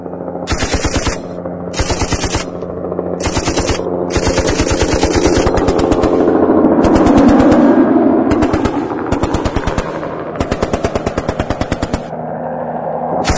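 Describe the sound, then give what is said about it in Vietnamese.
Machine guns on two armed helicopters diving down fire in long, rapid bursts, laying a wall of covering fire, sharp rattling volleys separated by brief pauses, over a steady low rotor drone that swells in the middle. No voices. “Trải khói đỏ vừa là đà lên khỏi ngọn cây, hai chiếc trực thăng vội chút đầu xuống bắn xối xả tạo thành một bức tường hỏa lực che chở cho bọn Chuẩn.”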